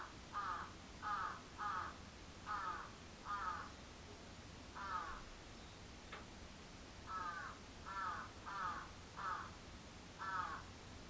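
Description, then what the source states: Crow cawing in two bursts of rough notes with a pause between, plus a single sharp click midway. Recorded 14 July 2022 at 06:37.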